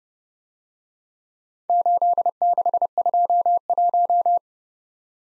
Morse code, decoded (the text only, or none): 8621